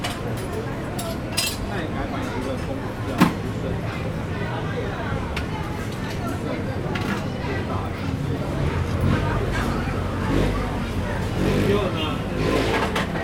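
Keelung Miaokou night market: a dense, steady crowd murmur with overlapping voices throughout. Short clinks and taps break through now and then, a sharp one near three seconds, over a low traffic rumble that runs underneath the whole time.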